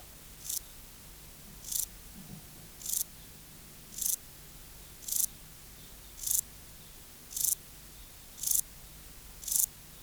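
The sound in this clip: Euchorthippus declivis grasshopper song: short, high, dry buzzy bursts, nine in ten seconds, repeated steadily about once every second over a quiet background.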